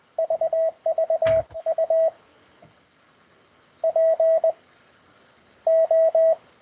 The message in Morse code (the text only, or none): VV U P O